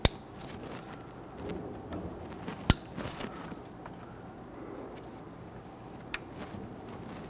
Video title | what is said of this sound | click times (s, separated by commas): How to Replace Intake Manifold 2011-2015 Kia Sorento | push them down. You can hear them click and engage. | 0.1 s, 2.7 s